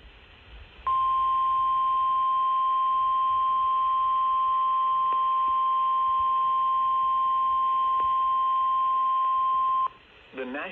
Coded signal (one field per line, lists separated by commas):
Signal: Emergency Alert System (SAME) tones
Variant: 1050 Hz attention tone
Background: speech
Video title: Severe thunderstorm warning (EAS #199) (Radios: midland WR400, ER310) 4-5-22 at 12:16AM